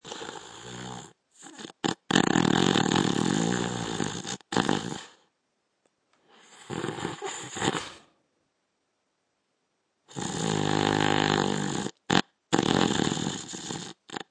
Man Snoring.